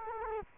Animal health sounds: mosquito wingbeat signal from an infrared sensor; Culex quinquefasciatus

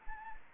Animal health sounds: mosquito wingbeat signal from an infrared sensor; Anopheles gambiae

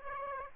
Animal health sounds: mosquito wingbeat signal from an infrared sensor; Aedes aegypti

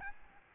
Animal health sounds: mosquito wingbeat signal from an infrared sensor; Aedes albopictus

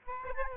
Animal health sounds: mosquito wingbeat signal from an infrared sensor; Aedes albopictus

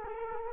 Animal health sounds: mosquito wingbeat signal from an infrared sensor; Culex quinquefasciatus

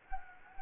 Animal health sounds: mosquito wingbeat signal from an infrared sensor; Anopheles gambiae

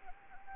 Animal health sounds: mosquito wingbeat signal from an infrared sensor; Anopheles arabiensis

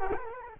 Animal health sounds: mosquito wingbeat signal from an infrared sensor; Culex quinquefasciatus

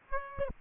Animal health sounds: mosquito wingbeat signal from an infrared sensor; Aedes aegypti

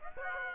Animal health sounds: mosquito wingbeat signal from an infrared sensor; Aedes aegypti

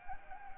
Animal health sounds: mosquito wingbeat signal from an infrared sensor; Anopheles gambiae

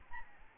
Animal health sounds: mosquito wingbeat signal from an infrared sensor; Aedes albopictus

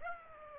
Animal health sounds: mosquito wingbeat signal from an infrared sensor; Aedes aegypti

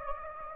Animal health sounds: mosquito wingbeat signal from an infrared sensor; Anopheles gambiae

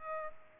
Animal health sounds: mosquito wingbeat signal from an infrared sensor; Culex pipiens

